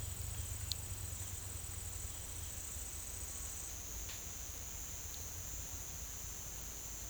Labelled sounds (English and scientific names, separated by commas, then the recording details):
none
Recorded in pastures near Puerto Asís, Putumayo, Colombia, on 22 December 2024 at 08:00
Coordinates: 0.472, -76.329
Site G072